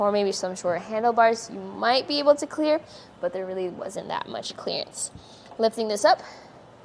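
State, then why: Not seated. Someone talks while the empty Inno Tire Hold HD hitch bike rack for two electric bikes, mounted on a 2021 Toyota Highlander, is lifted up toward its stowed, folded position. Only speech and faint handling sounds are heard. The tilt/fold latch on the rack mast has not snapped into place yet.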